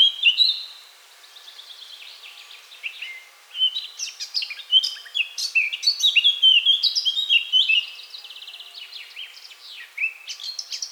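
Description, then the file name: Eurasian blackcap song, a fluting start followed by soft subdued chatter, then a loud fast warble of varied chirps and whistles from about four to eight seconds, with softer notes after. "Sylvia atricapilla"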